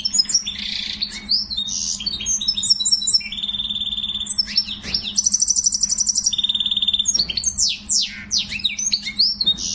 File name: sing finch canary